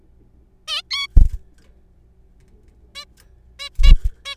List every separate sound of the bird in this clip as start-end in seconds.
0.68-0.82, 0.91-1.07, 2.95-3.05, 3.59-3.69, 3.83-3.92, 4.25-4.35